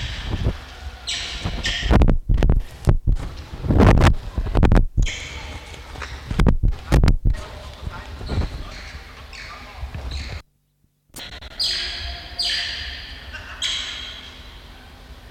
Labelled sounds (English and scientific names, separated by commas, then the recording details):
Banded Mongoose (Mungos mungo)
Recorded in captivity
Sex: male
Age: adult
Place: Zoo Halle, Sachsen-Anhalt, DE
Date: 1993-04-24 11:52
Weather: heiter, 16-24 °C
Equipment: Sony WM-D6C, Sony ECM-939 LT, Kopie Uher Variocord 263
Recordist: Tembrock, Günter